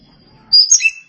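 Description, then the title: Oriental magpie-robin phrase: a piercing high whistle, then a quick burst of sharp slurred notes that end on a lower whistle. Oriental magpie-robin (kacer) song. "Suara Kicauan Burung Kacer"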